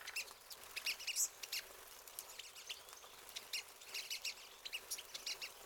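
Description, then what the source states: Pine siskins giving sharp, high, separate chips, roughly three a second, with a faint twittering background. Several birds.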